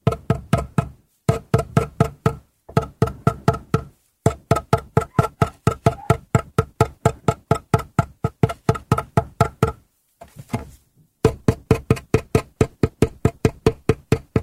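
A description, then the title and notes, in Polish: Rapid, regular wooden knocks or taps repeat in quick bursts with short pauses, each hit sharp with a low resonant ring. ZAŚNIJ PRZY DŹWIĘKACH DREWNA! ASMR po polsku.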